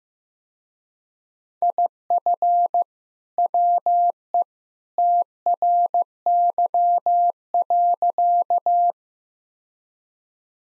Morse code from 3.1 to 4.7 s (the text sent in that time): WE